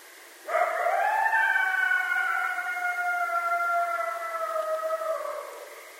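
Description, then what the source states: Coyote howling: one drawn-out, siren-like note that climbs, then stays nearly level for over four seconds and sags gently as it fades. Coyotes, more than one, recorded on 2012-04-10.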